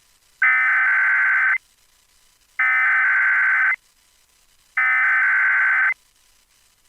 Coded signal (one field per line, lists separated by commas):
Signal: Emergency Alert System (SAME) tones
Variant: header bursts